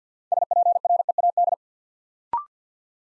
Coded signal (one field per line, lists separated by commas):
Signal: Morse code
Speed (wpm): 50 wpm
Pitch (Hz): 700 Hz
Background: none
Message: SPREAD